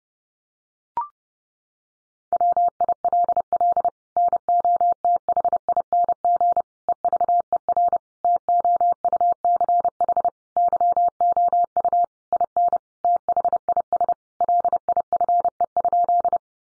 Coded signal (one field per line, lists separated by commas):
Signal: Morse code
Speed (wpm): 30 wpm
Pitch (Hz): 700 Hz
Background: none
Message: WILL NOTHING EVER TOUCH YOU IN THIS LIFE?